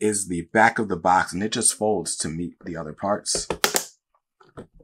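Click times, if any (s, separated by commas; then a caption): 3.8 s. Someone talks while folding the plastic back lip of a drop-front shoe display box to meet the side panels. At 3.8 s it clicks into place with a sharp snap, seating the back panel, and a few faint taps follow.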